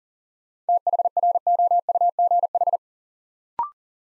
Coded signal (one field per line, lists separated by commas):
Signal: Morse code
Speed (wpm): 38 wpm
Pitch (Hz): 700 Hz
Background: none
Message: THROUGH